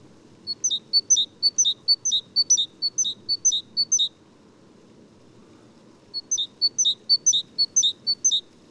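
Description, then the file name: Great tit calling in rapid runs of bright, high two-part notes, a long pause, then another run; faint low background hum. "gtit major"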